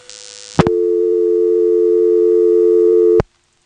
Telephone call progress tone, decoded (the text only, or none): dial tone